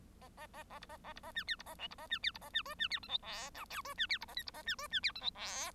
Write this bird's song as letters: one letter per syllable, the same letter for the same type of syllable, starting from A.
A A A A B A A B A C D B A E B A C D B A C F C D G H I J K F C D B A L B A C F C D G H I